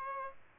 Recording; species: mosquito wingbeat signal from an infrared sensor; Aedes aegypti